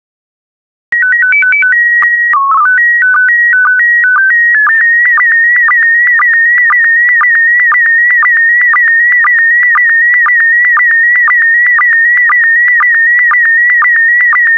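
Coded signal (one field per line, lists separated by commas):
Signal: SSTV (slow-scan television)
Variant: PD 120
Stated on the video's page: SSTV images sent in PD120 mode, made as daily decoding practice.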